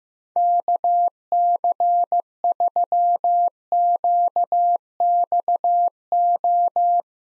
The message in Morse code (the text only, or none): KC3QXO